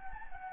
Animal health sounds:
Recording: mosquito wingbeat signal from an infrared sensor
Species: Anopheles gambiae

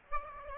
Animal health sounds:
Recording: mosquito wingbeat signal from an infrared sensor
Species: Aedes aegypti

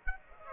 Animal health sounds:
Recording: mosquito wingbeat signal from an infrared sensor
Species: Aedes aegypti

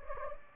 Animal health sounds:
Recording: mosquito wingbeat signal from an infrared sensor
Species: Anopheles gambiae

